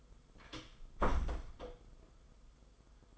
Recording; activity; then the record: daily activity, microphone in the room; close door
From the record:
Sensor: 5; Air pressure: 990.6 hPa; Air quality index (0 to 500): 153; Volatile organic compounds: 182 ppm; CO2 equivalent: 4151 ppm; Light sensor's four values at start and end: 26/63/26/28 and 26/61/25/28